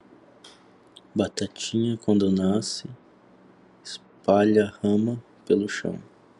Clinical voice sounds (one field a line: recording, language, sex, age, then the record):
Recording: short text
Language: Brazilian Portuguese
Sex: male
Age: 30 to 39 years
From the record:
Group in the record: control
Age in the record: 34 years